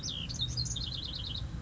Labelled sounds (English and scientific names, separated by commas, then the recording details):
House Wren (Troglodytes aedon)
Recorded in Sonoma County, California